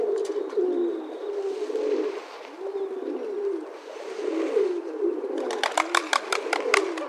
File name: rock dove calls and wing noise recorded in poland